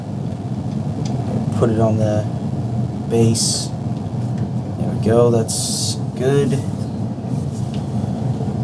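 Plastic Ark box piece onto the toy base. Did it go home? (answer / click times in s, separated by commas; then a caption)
no / none. A plastic Ark box piece is pressed onto a toy base while someone talks over a steady low background hum. One side of the box does not snap in, and nothing has clicked or seated in this stretch.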